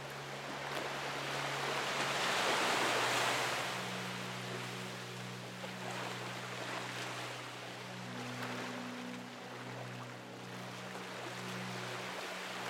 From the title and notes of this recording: Calm Ocean Waves. Ocean waves coming to shore while a repeating piano and peaceful chords lull you to sleep.